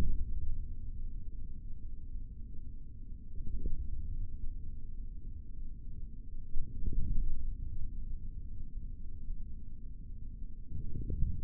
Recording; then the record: forearm muscle sounds (acoustic myography)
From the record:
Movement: forearm supination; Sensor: system 3, bracelet of six PUI Audio POM-2738L microphones around the upper forearm, with dedicated amplification and filtering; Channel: 2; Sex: male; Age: 25 years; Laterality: right